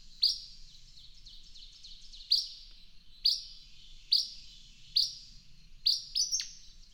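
Bird song of repeated sharp high chirps with trailing tones, about once a second, finishing with a quick run of two or three closer notes.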